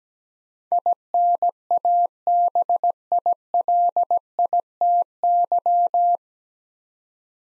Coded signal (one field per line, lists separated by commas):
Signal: Morse code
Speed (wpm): 17 wpm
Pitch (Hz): 700 Hz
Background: none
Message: INABILITY